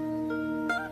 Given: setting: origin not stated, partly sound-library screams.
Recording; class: one-second piece from a danger detection set; normal situation